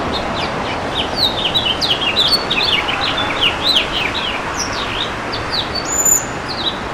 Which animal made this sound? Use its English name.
House Finch